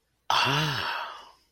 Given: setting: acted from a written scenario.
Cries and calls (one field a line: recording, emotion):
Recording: vocal sound without words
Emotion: interest